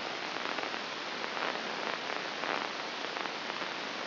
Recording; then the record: brain microelectrode recording played as sound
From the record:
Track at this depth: inside the subthalamic nucleus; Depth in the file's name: 1.636 mm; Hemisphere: left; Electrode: 2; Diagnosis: Parkinson's disease